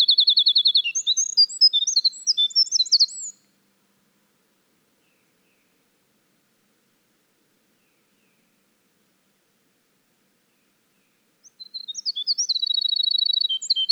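Winter wren song, a long, high tumbling run of tinkling notes and fast trills for about three seconds, then silence, before another bubbling burst begins near the end.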